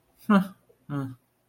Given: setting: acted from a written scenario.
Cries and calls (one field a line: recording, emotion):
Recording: vocal sound without words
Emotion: neutral